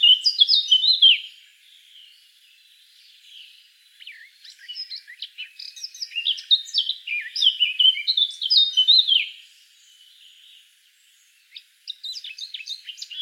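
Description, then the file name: Eurasian blackcap delivering a short loud fluty burst, a soft subdued passage, then several seconds of fast, jumbled warbling and scratchy notes, resuming after a short gap. "Sylvia atricapilla"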